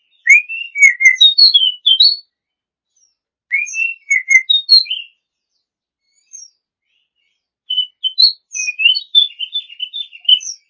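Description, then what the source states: Oriental magpie-robin delivering three lively phrases of sweet whistles and chirps, separated by short silences. Song of a champion bird.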